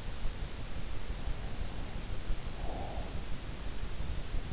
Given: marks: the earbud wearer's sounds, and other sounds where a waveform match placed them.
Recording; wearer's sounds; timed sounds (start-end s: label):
sounds in sleep by an in-ear microphone; breath
2.27-3.87 s: breath